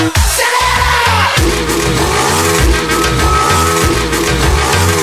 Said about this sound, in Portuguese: A molecada que fica de gandaia aqui com as motos fazendo ran, dan, dan, dan